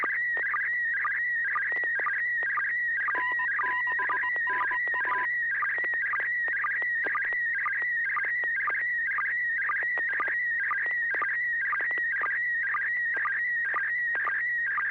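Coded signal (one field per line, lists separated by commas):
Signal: SSTV (slow-scan television)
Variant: PD120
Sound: continuous warbling tone shifting between pitches, with rapid regular clicks about twice a second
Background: low hum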